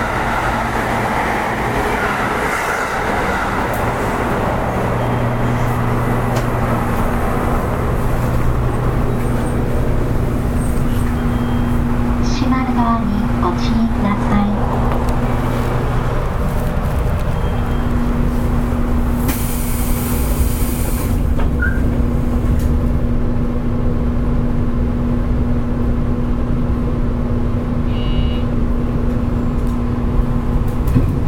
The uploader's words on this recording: JR九州 811系 けやき台から鳥栖まで. JR九州 811系電車の走行音です。 鹿児島線の普通列車で録音しました。 It is running sound of JR Kyushu 811 series train. I recorded on a local train on the Kagoshima line.